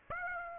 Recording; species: mosquito wingbeat signal from an infrared sensor; Aedes aegypti